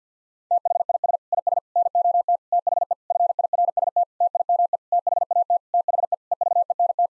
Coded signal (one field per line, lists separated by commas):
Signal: Morse code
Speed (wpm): 50 wpm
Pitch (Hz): 700 Hz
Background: none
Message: THIS IS NOT THE FIRST TIME THAT THE EVENT